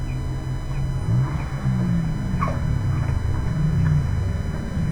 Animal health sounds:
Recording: poultry house recording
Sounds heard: background noise or bird activity such as feeding and pecking

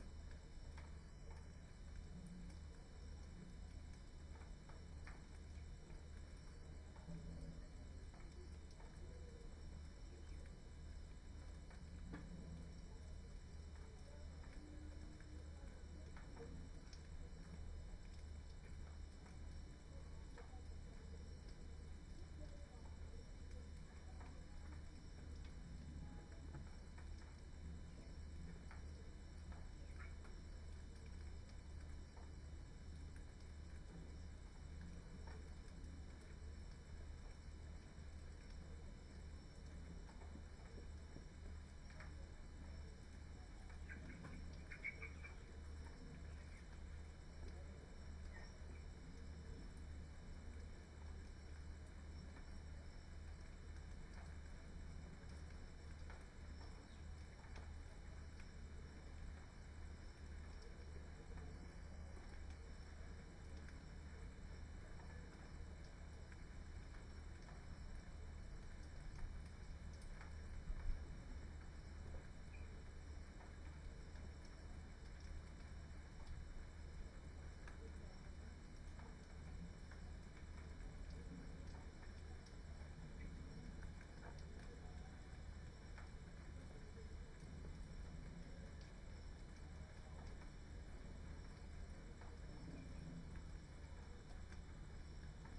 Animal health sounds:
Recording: poultry house recording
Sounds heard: healthy chickens

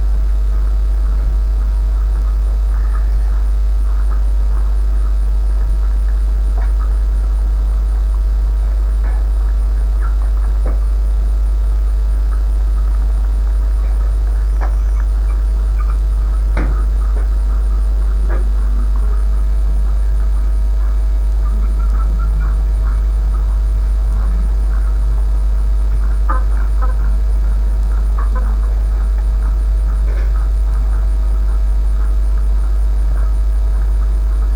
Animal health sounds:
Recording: poultry house recording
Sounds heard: sick chickens (respiratory disease)

